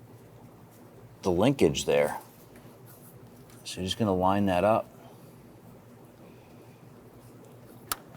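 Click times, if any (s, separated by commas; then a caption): 7.9 s. A new plastic intake manifold runner control bushing is lined up and pressed into the linkage arm on a 1994-2004 Ford Mustang 3.8L V6. Someone talks early on, then after a quiet stretch a short sharp snap at 7.9 s marks the bushing seating into the linkage.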